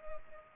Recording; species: mosquito wingbeat signal from an infrared sensor; Culex pipiens